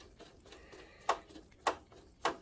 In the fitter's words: That clicking tells me that it's out all the way.